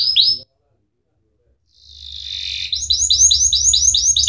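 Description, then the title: Atlantic canary song: a short burst of swept notes, a pause, then a buzzy trill leading into a quick, steady run of repeated high notes over a low hum. Canary singing actively (gacor) with the best cengkok phrasing and rich isian fill notes. "Kenari Gacor Cengkok Terbaik Isian Paling Mewah"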